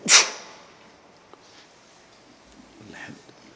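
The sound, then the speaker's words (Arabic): A single sharp sneeze bursts out at the start, loud and hissy, then fades into near silence with only faint rustling afterward. “رحمك الله.”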